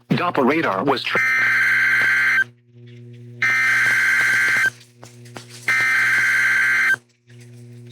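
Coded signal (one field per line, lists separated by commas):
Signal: Emergency Alert System (SAME) tones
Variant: header bursts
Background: speech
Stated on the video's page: EAS alerts received from NOAA Weather Radio transmitters and AM/FM broadcast stations in Tennessee.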